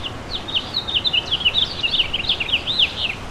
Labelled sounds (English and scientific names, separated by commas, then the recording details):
House Finch (Haemorhous mexicanus) song
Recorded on Long Island, New York, on 11 June 2012
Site OP
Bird A